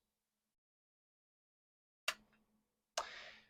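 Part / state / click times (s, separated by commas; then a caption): cord connector into lock plate wiring / seated / 2.1 s. A small cord connector is plugged in behind the lock plate of an S&G A-Series Armored Carrier Lock 6128-29 during replacement, and it seats with a sharp click at 2.1 s after two seconds of near silence. A second bright snap follows at 3.0 s with a short hissy tail. The connector is confirmed clicked into place in the lock plate wiring.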